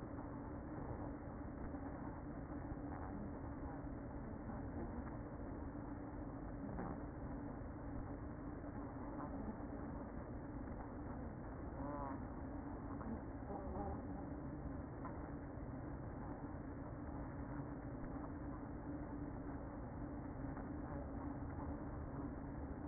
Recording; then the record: honeybee colony, microphone inside the hive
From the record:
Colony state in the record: queen present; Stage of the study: after two queens were removed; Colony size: about 60,000 bees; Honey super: yes